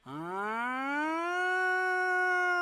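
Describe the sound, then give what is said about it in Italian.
A voice imitates an air raid siren: a single sustained wail that climbs steadily in pitch over the first second, then holds a loud, steady high tone until the end. “viva la sirena d'allarme aereo! Me la faccia anche lei”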